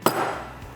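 A pull tester draws a roofing fastener screw straight up out of the roof deck. A sharp, loud pop at 0.1 s marks the screw letting go, followed by a ringing decay. The screw is released and the pull ends there.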